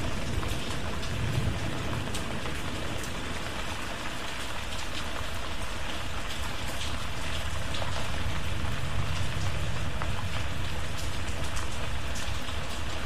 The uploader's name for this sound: Rain And Thunderstorm White Noise